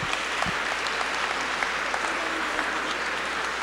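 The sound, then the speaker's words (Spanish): A crowd at a Catholic conference before Mass applauds steadily, a dense crackling wash of many hands clapping at once that holds an even loudness throughout without breaking into individual claps or cheers. “En la misa, antes de aplaudir, esperen.”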